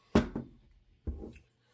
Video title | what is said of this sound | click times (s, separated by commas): .308 Springfield/Breda M1 Garand Disassembly (No Gas System) | Then you push the trigger guard up. I do it until it clicks. | 0.2 s